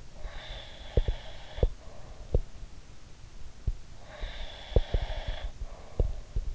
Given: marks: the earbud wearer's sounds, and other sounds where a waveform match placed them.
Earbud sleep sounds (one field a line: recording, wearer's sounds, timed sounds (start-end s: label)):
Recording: sounds in sleep by an in-ear microphone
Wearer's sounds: breath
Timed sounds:
0.04-2.51 s: breath
0.18-2.45 s: sound from someone else or the room
3.61-6.55 s: breath
4.06-6.49 s: sound from someone else or the room